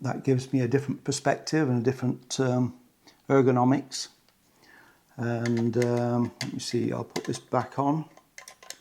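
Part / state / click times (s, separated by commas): viewfinder onto medium-format camera body / not seated / none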